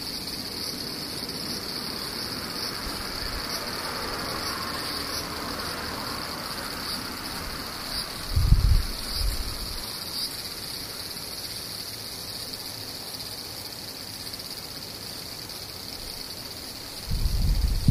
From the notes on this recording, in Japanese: セミ